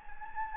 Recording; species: mosquito wingbeat signal from an infrared sensor; Anopheles gambiae